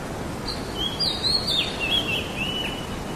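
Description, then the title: Oriental magpie-robin giving one rapid run of sweet whistled and slurred notes against constant background hiss. "Kacer"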